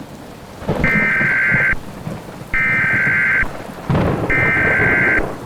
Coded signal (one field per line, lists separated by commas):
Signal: Emergency Alert System (SAME) tones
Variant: header bursts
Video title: Blood Rain - Halloween EAS Mock Scenario